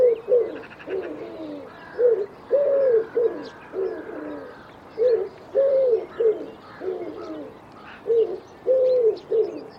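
Bird cooing: soft hooted notes with a rising-falling shape, repeated many times at a steady pitch.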